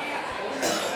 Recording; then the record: coughing mixed with background sound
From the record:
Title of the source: Cough Around the Clock!